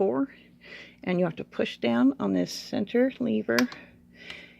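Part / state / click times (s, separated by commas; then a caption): center stitch lever in a sewing machine cam mechanism / seated / 4.3 s. Someone talks while pushing down the center stitch lever in the mechanical cam mechanism of an Elna Supermatic zigzag sewing machine, with the stitch width set to 4. A short click at 4.3 s is the lever snapping into place at position A and popping out slightly, which means the machine is ready to sew.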